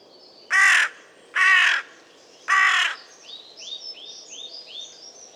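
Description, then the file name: Carrion crow giving three harsh, hoarse caws about one second apart, followed by a run of high thin chirps from another bird. "Corvus corone"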